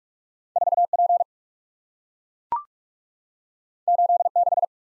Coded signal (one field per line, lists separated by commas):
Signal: Morse code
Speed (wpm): 44 wpm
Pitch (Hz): 700 Hz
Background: none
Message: 4 P 8 6